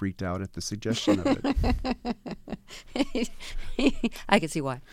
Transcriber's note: laughter